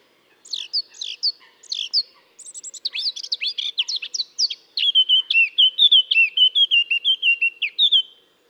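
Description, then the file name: Eurasian blackcap song opening with high scratchy twitters, building into a fast, mellow whistled flourish of repeated notes for the final few seconds. "Sylvia atricapilla"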